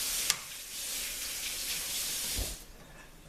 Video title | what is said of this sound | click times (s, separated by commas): Microwave Repair | it in here just pops right in and | 0.3 s